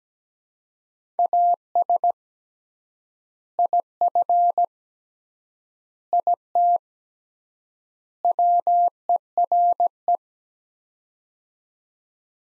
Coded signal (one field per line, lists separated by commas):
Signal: Morse code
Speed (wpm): 17 wpm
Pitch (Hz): 700 Hz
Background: none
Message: AS IF IT WERE